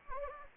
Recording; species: mosquito wingbeat signal from an infrared sensor; Anopheles gambiae